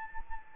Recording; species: mosquito wingbeat signal from an infrared sensor; Anopheles arabiensis